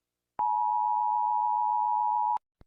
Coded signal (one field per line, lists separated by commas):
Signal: Emergency Alert System (SAME) tones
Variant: 853 and 960 Hz attention tone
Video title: Rating EAS Alarms (Part 1)!